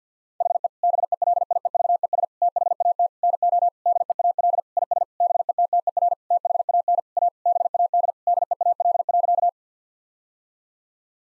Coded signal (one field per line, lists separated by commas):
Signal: Morse code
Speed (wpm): 50 wpm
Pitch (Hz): 700 Hz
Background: none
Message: HE BELIEVES THAT NO DEAL IS BETTER THAN A BAD DEAL.